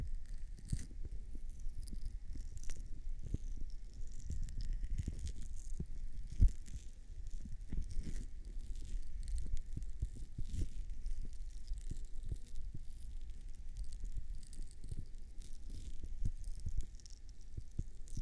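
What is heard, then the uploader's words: Muffled rubbing and pressing from ears being cleaned and massaged, with dense low thumps and scratchy rustles coming irregularly throughout. A faint airy hiss sits above, and one sharper knock stands out around six seconds in. ASMR CLEANING AND MASSAGING YOUR EARS (NO TALKING).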